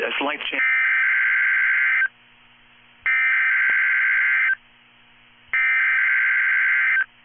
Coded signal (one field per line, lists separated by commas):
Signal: Emergency Alert System (SAME) tones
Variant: header bursts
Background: speech